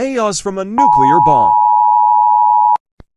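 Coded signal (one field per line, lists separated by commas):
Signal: Emergency Alert System (SAME) tones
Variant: 853 and 960 Hz attention tone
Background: speech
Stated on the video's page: Fictional nuclear bomb EAS mock set in Melon Playground.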